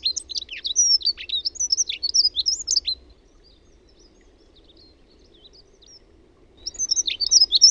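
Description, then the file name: Dunnock song: a hurried, tinkling warble of thin high notes, followed by a pause, then a second phrase begins. "RAUTIAINEN"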